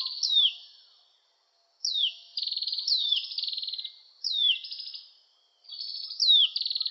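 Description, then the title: Oriental magpie-robin song: bright downslurred whistles, most followed by a short buzzy trill, in phrases separated by brief pauses. "Kicau Kacer"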